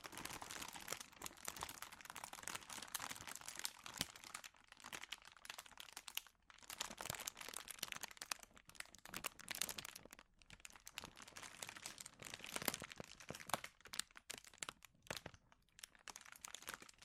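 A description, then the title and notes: Dense, bright crinkling rustles on continuously with rapid crackly bursts, briefly thinning near six and ten seconds before resuming. ASMR Sensitive Crinkles (No Talking).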